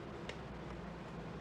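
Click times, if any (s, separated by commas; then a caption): 0.3 s. The lock button on a cordless drill battery pack is pressed and the pack is pulled out of its charger, giving a faint click at 0.3 s over a steady low background hum. The battery is released from the charger.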